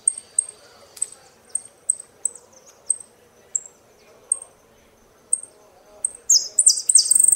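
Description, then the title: Saffron finch repeating thin, sharp high chips at uneven intervals, ending in a loud burst of dense, buzzy chattering notes. "Jilguero Argentino"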